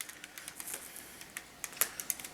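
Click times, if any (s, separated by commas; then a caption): none. The brush/rubber head of the pet hair tool attachment on a Bissell Pet Hair Eraser 1650 vacuum is being rotated from the rubber side back to the brush side on the tool body. Only faint handling sounds and a few short, sharp ticks and taps are heard. Nothing has seated or clicked into place yet.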